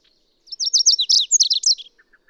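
Bird song: a quick series of high, down-slurred notes that become a rapid twittering flourish, followed by three faint lower chips.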